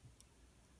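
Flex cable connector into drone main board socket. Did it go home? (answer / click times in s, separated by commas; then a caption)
no / none. During a gimbal video ribbon cable replacement on a DJI Mavic Pro drone, a second flex cable connector is handled over its socket on the drone main board. A single brief, high tick sounds near 0.2 s over a low, steady background hum. Nothing has seated or clicked into place yet.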